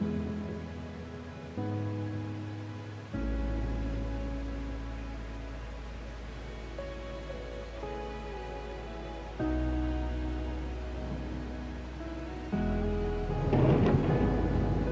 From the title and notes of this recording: Relaxing THUNDERSTORM and Gentle MUSIC. The comforting sounds of thunder and rain, accompanied by gentle classical music.